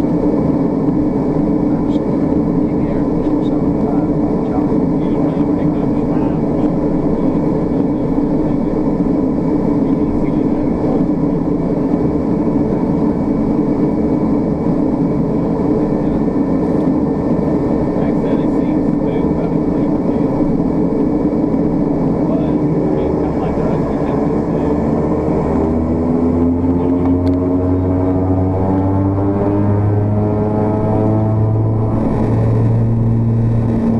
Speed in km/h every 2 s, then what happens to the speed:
11, 13, 13, 15, 15, 11, 8, 6, 5, 6, 5, 0, 0, 0, 0, 19, 35.
0-9 steady at about 13. 9-13 slows to 6. 13-19 steady at about 6. 19-22 slows to 0. 22-29 standing. 29-34 pulls away to 35.